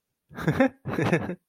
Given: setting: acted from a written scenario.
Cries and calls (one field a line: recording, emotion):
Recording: vocal sound without words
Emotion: amusement